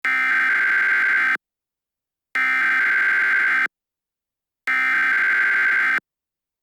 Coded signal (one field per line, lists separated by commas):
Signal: Emergency Alert System (SAME) tones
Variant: header bursts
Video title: D 1231 Virus EAS Scenario Project